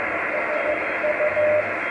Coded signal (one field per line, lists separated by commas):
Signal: Morse code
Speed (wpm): 15 wpm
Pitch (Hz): 600 Hz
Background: radio noise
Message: SU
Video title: ICOM-703 3DX QSO